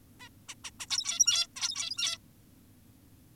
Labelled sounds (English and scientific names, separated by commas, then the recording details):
Zebra Finch (Taeniopygia guttata)
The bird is an adult
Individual g17y2U